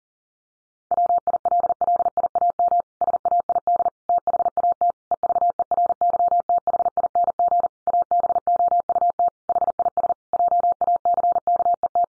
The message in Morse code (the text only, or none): WILLIAM SAID THAT EVERYTHING ABOUT HIS JACKET